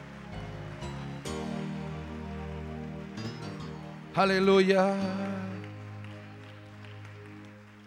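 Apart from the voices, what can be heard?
audience applauding loudly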